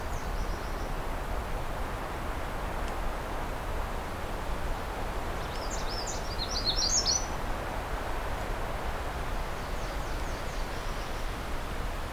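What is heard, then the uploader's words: Birdsong from sparrows and warblers over a steady, even hiss of background noise with a low rumble underneath. A bright, quick run of high chirping notes stands out around the middle, with fainter, similar high phrases near the start and toward the end. Scouting Pine Tree Harbour. I’m making my way north from the cottage community of Pine Tree Habour. It’s afternoon so the songs won’t be as dense, but we’ll be hearing from White-throated Sparrows, Myrtle Warblers, and more.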